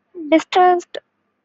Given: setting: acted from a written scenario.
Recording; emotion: vocal sound without words; distress